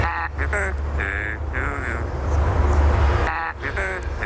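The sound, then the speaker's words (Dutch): A talking parrot sings on command: a short series of raspy, nasal, tuneful notes in bursts, pausing midway over a low background rumble before a final run of notes. “En ze kunnen ook combineren, want ze kunnen naast praten kunnen ze ook dat zingen doen.”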